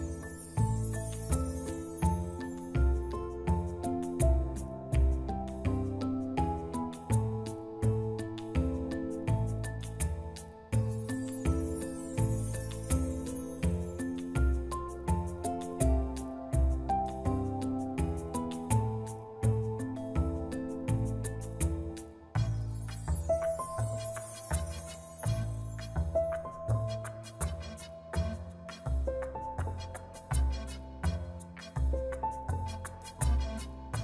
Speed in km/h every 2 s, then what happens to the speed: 19, 25, 32, 38, 44, 49, 50, 53, 53, 46, 36, 26, 28, 35, 41, 52, 57.
0-15 speeds up to 53. 15-22 brakes to 26. 23-34 speeds up to 57.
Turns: none.